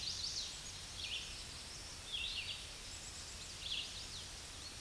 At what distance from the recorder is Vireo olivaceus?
about 50 m